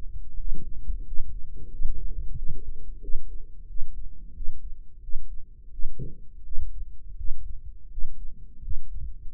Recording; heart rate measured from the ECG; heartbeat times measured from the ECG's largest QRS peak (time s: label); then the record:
heart sounds by microphone in the right ear; 87 bpm
0.37 s: heartbeat
1.04 s: heartbeat
1.70 s: heartbeat
2.35 s: heartbeat
3.00 s: heartbeat
3.67 s: heartbeat
4.33 s: heartbeat
5.01 s: heartbeat
5.71 s: heartbeat
6.43 s: heartbeat
7.16 s: heartbeat
7.89 s: heartbeat
8.61 s: heartbeat
9.30 s: heartbeat
From the record:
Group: healthy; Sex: male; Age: 23 years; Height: 179 cm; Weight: 87 kg